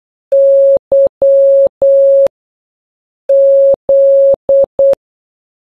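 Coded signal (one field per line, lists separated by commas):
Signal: Morse code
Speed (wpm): 8 wpm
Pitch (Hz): 550 Hz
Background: none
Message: Y Z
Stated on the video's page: Morse code alphabet A to Z as generated beep sounds with simple example messages.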